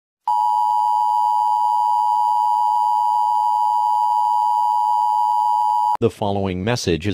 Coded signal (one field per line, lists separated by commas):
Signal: Emergency Alert System (SAME) tones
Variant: 853 and 960 Hz attention tone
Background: speech